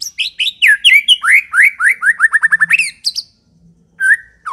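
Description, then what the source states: White-rumped shama song: loud, varied whistled phrases, then a fast series of downslurred notes, a pause, and a closing whistle. Lure recording of an aggressive bird.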